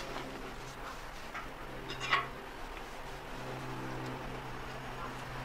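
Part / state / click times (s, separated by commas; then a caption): plastic buckle on the strap of a rolled-up stick carrying bag / not seated / none. Someone handles the plastic side-release buckle on the strap of a rolled-up fabric stick weapons carrying bag, bringing it together to fasten. A low steady hum runs throughout, with faint handling noise and a brief louder burst of handling around 2.1 s. Nothing has seated or clicked yet.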